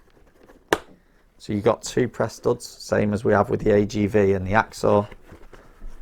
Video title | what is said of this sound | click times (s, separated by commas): Budget Full Face Sports Helmets // AGV K1s vs Airoh Connor vs Axor Apex // Strip down review | So you just got to pull on the side, you'll hear there's a click. | 0.7 s